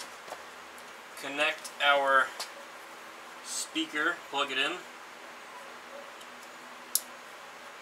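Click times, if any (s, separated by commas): 7.0 s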